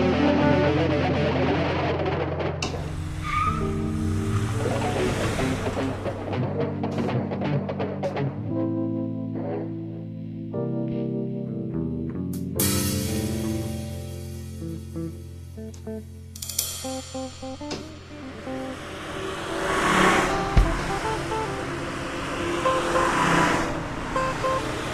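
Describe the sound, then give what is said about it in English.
A car engine turns over and revs, its droning pitch rising and dropping in steps, then a loud rushing roar as it pulls away, all with a harsh, distorted, effects-heavy tone and no talking. “Like I said, start the car, start the car. Start the car!”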